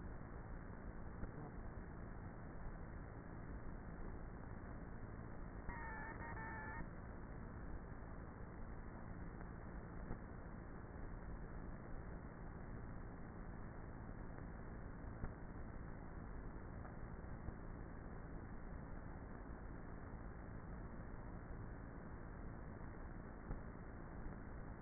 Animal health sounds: honeybee colony, microphone inside the hive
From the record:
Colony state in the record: queenless with a low population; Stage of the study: before two queens were removed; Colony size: about 30,000 bees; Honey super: no

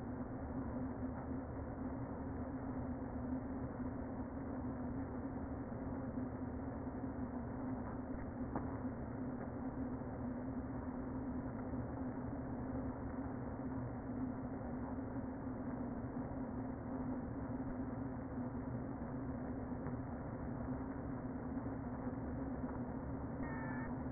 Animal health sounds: honeybee colony, microphone inside the hive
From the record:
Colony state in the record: queen present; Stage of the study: before two queens were removed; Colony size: about 60,000 bees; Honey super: yes

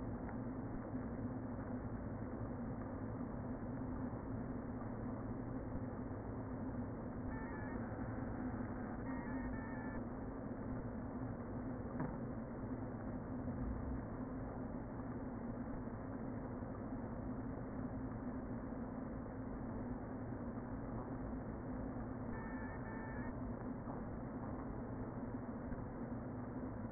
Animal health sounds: honeybee colony, microphone inside the hive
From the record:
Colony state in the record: queen present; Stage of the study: before two queens were removed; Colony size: about 60,000 bees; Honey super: yes

